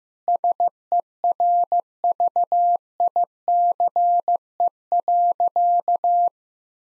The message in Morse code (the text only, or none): SERVICE.